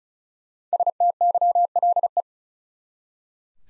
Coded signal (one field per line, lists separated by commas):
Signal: Morse code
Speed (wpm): 36 wpm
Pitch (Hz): 700 Hz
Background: none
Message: STYLE